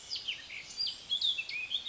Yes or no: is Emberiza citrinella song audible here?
no